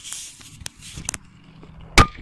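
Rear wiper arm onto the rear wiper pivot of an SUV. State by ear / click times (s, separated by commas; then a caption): seated / 2.0 s. A rear wiper arm is pressed down by hand onto its rear wiper pivot on a 2003–2010 Porsche Cayenne, Audi Q7 or VW Touareg SUV. Faint ticks and light handling noises come before a single loud, sharp snap at 2.0 s, where the arm seats onto its pivot.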